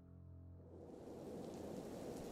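Heavy thunderstorm rain pours in a dense, steady hiss with a low rumbling undertone, rising out of a brief low hum in the opening moment, on an island with the sea roaring and continual thunder and lightning. No one speaks.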